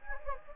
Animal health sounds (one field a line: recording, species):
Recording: mosquito wingbeat signal from an infrared sensor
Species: Anopheles gambiae